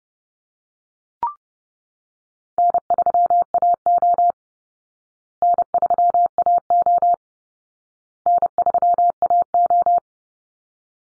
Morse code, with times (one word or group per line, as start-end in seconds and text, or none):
2.6-4.3 N3AO
5.4-7.1 N3AO
8.3-10.0 N3AO